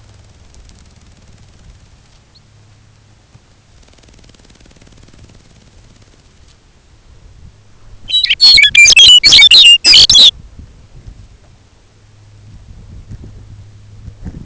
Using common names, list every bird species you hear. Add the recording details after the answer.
Lapland Longspur. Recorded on Arctic tundra, site UTQI-5, on 19 June 2019. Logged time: 22:00